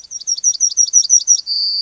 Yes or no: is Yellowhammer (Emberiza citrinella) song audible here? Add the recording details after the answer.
yes. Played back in grassland. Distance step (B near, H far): B. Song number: 148